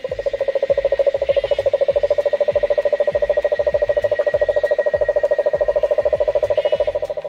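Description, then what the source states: Cane toad giving a long, steady low trill of rapid, evenly spaced pulses that runs without a break throughout. Highly toxic toad, lethal to predators.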